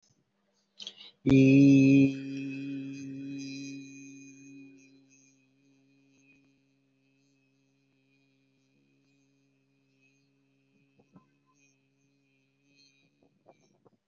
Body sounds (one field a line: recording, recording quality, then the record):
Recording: sustained vowel as in beet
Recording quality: moderate, slight background noise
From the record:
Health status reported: healthy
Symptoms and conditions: hypertension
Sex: male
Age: 49 years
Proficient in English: yes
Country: India